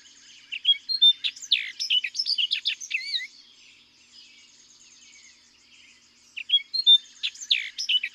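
Orchard oriole song: a lively run of quick whistles, slurred and wavering notes, then a few seconds' pause before the next jumbled phrase begins.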